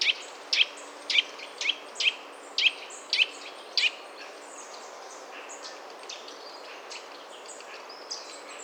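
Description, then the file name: Eurasian nuthatch giving a quick series of sharp, high whistled notes about twice a second, loud at first, then softer, scattered notes over faint background hiss. "Sitta europaea"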